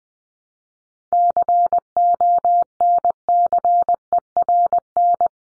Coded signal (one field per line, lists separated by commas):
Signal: Morse code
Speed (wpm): 20 wpm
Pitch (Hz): 700 Hz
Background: none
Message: CONCERN